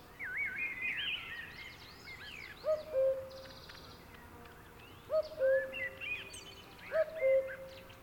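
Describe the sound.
Cuckoo calling, three clear two-note falling 'cu-coo' calls spaced about two seconds apart, with busy chirping and warbling songbirds above.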